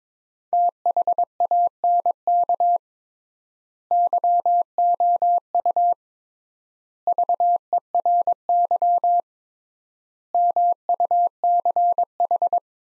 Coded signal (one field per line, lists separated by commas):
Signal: Morse code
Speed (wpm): 22 wpm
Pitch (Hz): 700 Hz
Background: none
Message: THANK YOU VERY MUCH